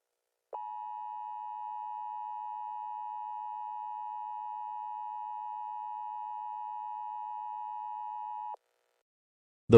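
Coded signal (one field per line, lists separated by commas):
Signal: Emergency Alert System (SAME) tones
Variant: 853 and 960 Hz attention tone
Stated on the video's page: Hypothetical, simulated EAS activation that never actually happened.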